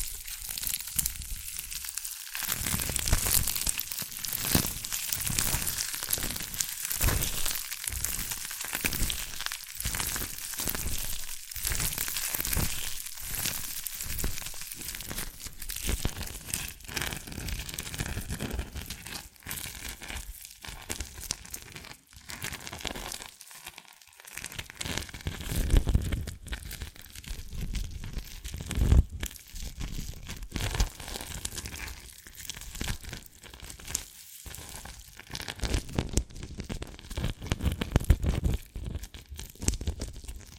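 Close, crisp tapping and cracking on brittle dalgona candy, made of dense clusters of sharp clicks and crunches that run almost without a break for the whole forty seconds. The first half has a quicker, more regular pulse. Later the sounds grow busier and more scattered, with a few brief pauses.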